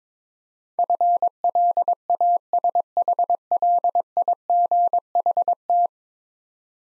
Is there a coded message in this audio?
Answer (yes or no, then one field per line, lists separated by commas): yes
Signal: Morse code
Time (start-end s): 0.8-5.9 s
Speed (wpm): 23 wpm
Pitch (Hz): 700 Hz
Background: none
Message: FLASHLIGHT